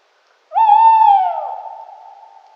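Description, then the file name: Tawny owl giving one long, smooth hoot that begins abruptly, holds a steady pitch, and slowly trails away into silence. "strix aluco"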